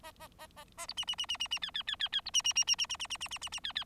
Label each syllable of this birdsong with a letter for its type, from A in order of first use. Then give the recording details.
A A A A A B C C C C C C D D D D D B C C C C C C C C C C C C D D. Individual Bird4